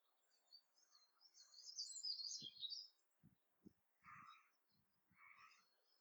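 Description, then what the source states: Bird twittering in a bright, high burst of rapid notes, followed by scattered faint chirps, low knocks and brief hissy noise. January morning.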